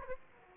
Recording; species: mosquito wingbeat signal from an infrared sensor; Aedes aegypti